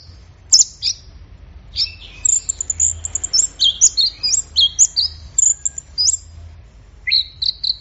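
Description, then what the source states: Orange-headed thrush song, a fast lively chatter of high whistles, chips and slurs strung together, ending with a few repeated rising notes. Bird in full, intense song (gacor teler), used for training songbirds; Indonesian name anis merah.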